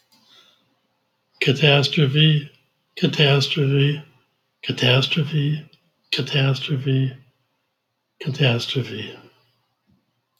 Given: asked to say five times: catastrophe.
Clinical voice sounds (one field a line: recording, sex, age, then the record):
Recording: repeated word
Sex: male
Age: 70 to 79 years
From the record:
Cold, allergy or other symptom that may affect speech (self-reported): no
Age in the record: 71 years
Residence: Minnesota, United States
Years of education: 16